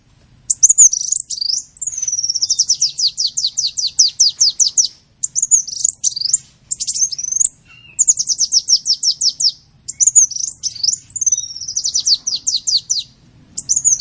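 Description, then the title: Sunbird song: long, fast series of high, buzzy descending trills mixed with squeaky twisting notes, repeated in energetic phrases over fourteen seconds. In full song (gacor), with phrases copied from the cililin and the canary. "Kolibri gacor isian cililin dan kenari"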